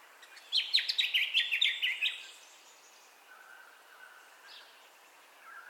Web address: Sound Effects-Foundation Updates AMBIENCE DAWN BIRDCALLS STEREO